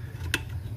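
A flattened metal spade connector is pushed and slid into the terminal slot of a Makita 18V battery being used for a ride-on toy conversion. A sharp mechanical tick at 0.3 s marks it popping into place and seating, over a steady low hum.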